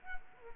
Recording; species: mosquito wingbeat signal from an infrared sensor; Culex quinquefasciatus